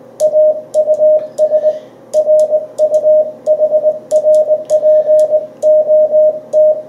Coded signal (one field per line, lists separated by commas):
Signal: Morse code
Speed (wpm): 19 wpm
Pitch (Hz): 620 Hz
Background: radio noise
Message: AUS RUHRPOT